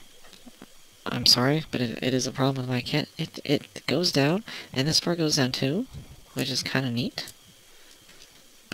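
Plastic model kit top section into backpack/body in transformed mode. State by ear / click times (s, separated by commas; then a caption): not seated / none. A top section of a 1/144 HGAW Gundam Airmaster plastic model kit is rotated and pushed down into the backpack/body in transformed mode while someone talks, with a few faint light clicks. It is supposed to lock into place, but nothing has seated or clicked yet. It fails to lock even though it feels like it should.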